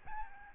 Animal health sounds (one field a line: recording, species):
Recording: mosquito wingbeat signal from an infrared sensor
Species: Aedes albopictus